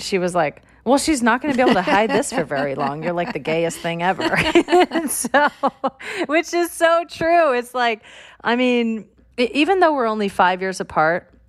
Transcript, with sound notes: And she was like, well, she's not going to be able to hide this for very long. (Laughter) You're like the gayest thing ever. (Laughter) So - which is so true. It's like, I mean, even though we're only five years apart,